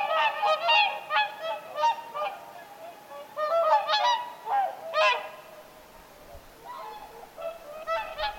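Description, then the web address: Whooper swans calling in a flock, loud bugling honks in bursts, several birds overlapping, with pauses between groups of calls. Flock of whooper swans calling at Lintulahti on 6 November 2025. "6 11 2025 laulujoutsenten aantelya lintulahdella"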